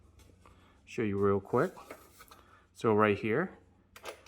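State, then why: Seated. Someone talks while the two grooved edges of a round sheet-metal duct pipe are slid and pressed together along its longitudinal seam. The seam snaps into place with a sharp metallic click at 4.0 s, locking the pipe closed.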